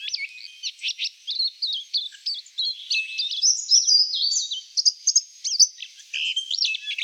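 Silvereye twittering, a continuous stream of high thin chirps, slurred whistles and trills, busy and irregular throughout.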